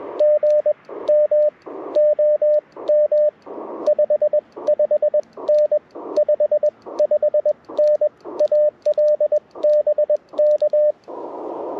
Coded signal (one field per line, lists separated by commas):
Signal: Morse code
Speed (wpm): 21 wpm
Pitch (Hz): 600 Hz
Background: radio noise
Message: GM OM 55N 55N AL BK